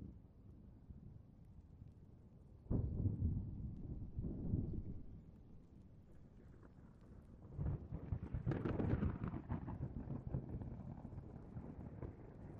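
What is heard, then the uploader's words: Low, rolling thunder grumbles through a steady hiss of rain, with a sharp crack near three seconds and a swelling rumble around four and a half. From about seven and a half seconds a heavier, denser roll builds and lingers, brighter, before easing near the end. Heavy Rain and Thunder. Light to Heavy rainstorm with grumbling thunder. All Raw and mixed audio recorded on: Focusrite Scarlett CM25, Focusrite Scarlett 2i2 Audio interface.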